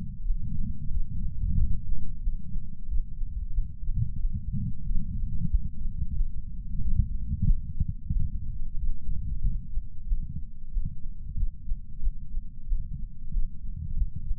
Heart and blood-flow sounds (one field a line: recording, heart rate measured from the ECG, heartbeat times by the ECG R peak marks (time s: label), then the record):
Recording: heart sounds by patch sensor on the chest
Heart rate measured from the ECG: 92 bpm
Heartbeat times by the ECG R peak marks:
0.23 s: heartbeat
0.89 s: heartbeat
1.54 s: heartbeat
2.21 s: heartbeat
2.86 s: heartbeat
3.51 s: heartbeat
4.18 s: heartbeat
4.84 s: heartbeat
5.48 s: heartbeat
6.14 s: heartbeat
6.79 s: heartbeat
7.44 s: heartbeat
8.11 s: heartbeat
8.75 s: heartbeat
9.40 s: heartbeat
10.06 s: heartbeat
10.71 s: heartbeat
11.35 s: heartbeat
12.00 s: heartbeat
12.66 s: heartbeat
13.31 s: heartbeat
13.94 s: heartbeat
From the record:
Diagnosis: coronary artery disease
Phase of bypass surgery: postoperative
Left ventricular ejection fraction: 63.7%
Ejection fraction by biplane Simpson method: 59.4%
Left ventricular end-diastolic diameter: 49 mm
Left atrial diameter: 35 mm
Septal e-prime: 7.3 cm/s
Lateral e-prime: 9.8 cm/s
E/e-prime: 7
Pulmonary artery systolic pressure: 20 mmHg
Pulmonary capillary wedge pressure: 4 mmHg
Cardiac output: 5.4 L/min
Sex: male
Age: 69 years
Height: 174 cm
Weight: 79 kg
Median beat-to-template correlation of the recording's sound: 0.69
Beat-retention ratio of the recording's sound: 1.00